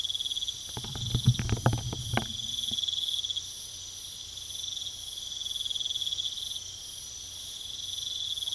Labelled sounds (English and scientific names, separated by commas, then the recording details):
none
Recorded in pastures near Puerto Asís, Putumayo, Colombia, on 21 December 2024 at 23:00
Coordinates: 0.486, -76.323
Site GP01